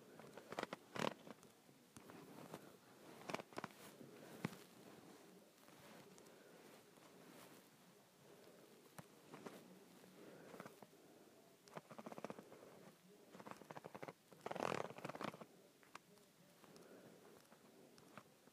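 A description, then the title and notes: A handle is twisted and turned, giving a run of scraping, clicking and rubbing noises that start and stop unevenly across the clip. The sounds come in short bursts, busiest around the first few seconds and again near 12 to 16 seconds, with two brief squeaks at about 1 and 15 seconds. ASMR Twisting and Turning a Handle.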